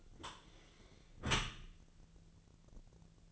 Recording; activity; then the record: daily activity, microphone in the room; close dishwasher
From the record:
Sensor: 4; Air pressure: 1001.2 hPa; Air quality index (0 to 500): 181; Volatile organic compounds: 2 ppm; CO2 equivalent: 1292 ppm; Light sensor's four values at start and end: 12/27/11/11 and 12/28/11/12